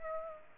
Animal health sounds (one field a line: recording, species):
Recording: mosquito wingbeat signal from an infrared sensor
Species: Aedes aegypti